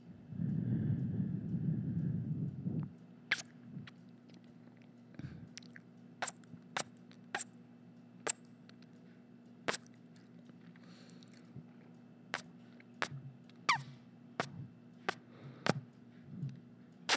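Mouth smacking: after a low rumbling opening, sharp wet clicks and smacks pop irregularly, about once a second, over a faint steady hum.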